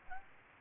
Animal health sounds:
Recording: mosquito wingbeat signal from an infrared sensor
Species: Aedes aegypti

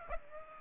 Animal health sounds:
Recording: mosquito wingbeat signal from an infrared sensor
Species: Aedes aegypti

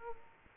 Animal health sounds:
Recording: mosquito wingbeat signal from an infrared sensor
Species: Culex quinquefasciatus

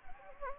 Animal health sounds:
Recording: mosquito wingbeat signal from an infrared sensor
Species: Anopheles gambiae

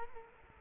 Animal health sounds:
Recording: mosquito wingbeat signal from an infrared sensor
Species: Culex quinquefasciatus

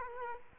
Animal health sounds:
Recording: mosquito wingbeat signal from an infrared sensor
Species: Culex quinquefasciatus

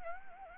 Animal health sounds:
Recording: mosquito wingbeat signal from an infrared sensor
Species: Anopheles arabiensis

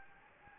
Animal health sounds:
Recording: mosquito wingbeat signal from an infrared sensor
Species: Anopheles gambiae

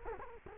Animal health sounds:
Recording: mosquito wingbeat signal from an infrared sensor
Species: Culex quinquefasciatus

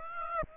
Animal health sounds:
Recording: mosquito wingbeat signal from an infrared sensor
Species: Aedes aegypti

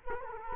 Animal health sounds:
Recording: mosquito wingbeat signal from an infrared sensor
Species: Culex quinquefasciatus

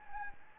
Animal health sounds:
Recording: mosquito wingbeat signal from an infrared sensor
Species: Anopheles gambiae

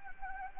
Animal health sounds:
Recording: mosquito wingbeat signal from an infrared sensor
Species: Anopheles gambiae

